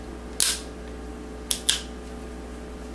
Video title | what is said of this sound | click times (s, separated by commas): Colt Police Positive .38 Revolver | nice positive clicks it's | 0.4 s, 1.5 s, 1.7 s